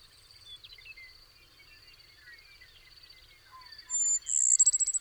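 Bird song rising from soft scattered chirps to a loud, rapidly repeated series of very high piercing notes at the end, over a steady insect drone.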